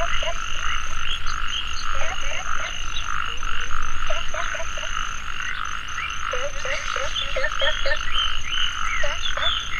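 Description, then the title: Frog chorus, a continuous buzzing wash overlaid by frequent short croaks that rise at the end, often in small clusters. Frogs calling in a mountain valley at dusk; field recording. "傍晚山谷里的蛙和鸟齐鸣 声谷"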